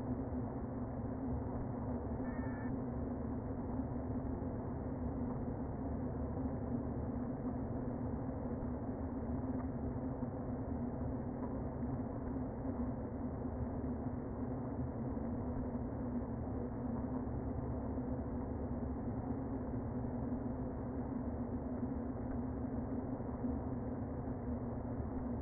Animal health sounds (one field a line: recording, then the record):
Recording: honeybee colony, microphone inside the hive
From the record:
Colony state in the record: queen present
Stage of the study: before two queens were removed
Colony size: about 60,000 bees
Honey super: yes